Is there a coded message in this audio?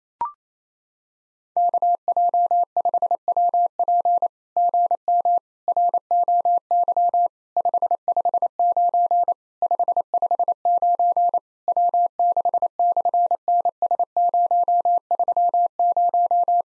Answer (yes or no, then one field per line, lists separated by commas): yes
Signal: Morse code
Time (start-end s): 1.6-16.6 s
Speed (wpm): 28 wpm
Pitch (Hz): 700 Hz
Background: none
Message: KJ5WP GM ROY 559 559 W6/NS030